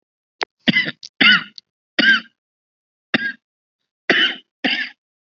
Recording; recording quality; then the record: shallow voluntary cough; excellent, no background noise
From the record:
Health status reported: COVID-19 positive, mild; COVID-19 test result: positive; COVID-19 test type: RT-PCR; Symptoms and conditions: cold, sore throat, fever, fatigue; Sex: female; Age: 51 years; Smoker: no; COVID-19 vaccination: both doses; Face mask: not worn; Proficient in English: yes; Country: India